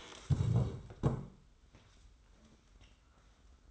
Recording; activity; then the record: daily activity, microphone in the room; stand up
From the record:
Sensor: 3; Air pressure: 990.6 hPa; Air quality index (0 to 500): 172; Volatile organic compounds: 1000 ppm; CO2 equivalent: 5564 ppm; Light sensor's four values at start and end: 38/88/36/35 and 38/88/36/34